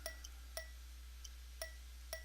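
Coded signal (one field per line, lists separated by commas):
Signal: tap code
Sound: four clinking metallic taps, unevenly spaced, with faint chimes in between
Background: low hum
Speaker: we're gonna play the part of the fuser and we're going to count out how many tabs or between each gap here we go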